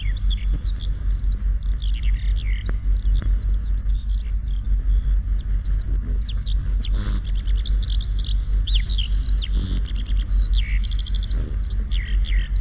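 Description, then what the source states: Eurasian Skylark delivering unbroken high song: fast twitters and whistled slurs run together continuously, over a low rumbling noise. Spring; silvery trills pouring in a continuous stream from the distant sky.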